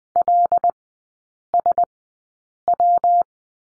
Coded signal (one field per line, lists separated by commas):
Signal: Morse code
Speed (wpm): 20 wpm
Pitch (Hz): 700 Hz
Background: none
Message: LSW